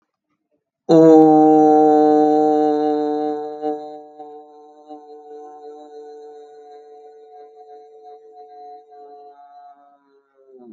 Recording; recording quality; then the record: sustained vowel as in boot; excellent, no background noise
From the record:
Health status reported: healthy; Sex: male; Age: 47 years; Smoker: no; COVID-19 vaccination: both doses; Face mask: not worn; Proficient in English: yes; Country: India